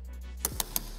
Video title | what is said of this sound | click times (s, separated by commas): Honda Civic Hybrid Handover | and you will hear like a ratcheting system so you can't over tighten it and you'll hear that just click click click | 0.4 s, 0.6 s, 0.8 s